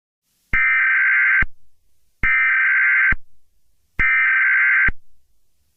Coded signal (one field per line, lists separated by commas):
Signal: Emergency Alert System (SAME) tones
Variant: header bursts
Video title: |EAS Scenario: SCORPIUS REX| A Jurassic World EAS Scenario.